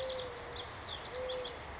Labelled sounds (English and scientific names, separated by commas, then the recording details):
Mourning Dove (Zenaida macroura)
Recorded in Sonoma County, California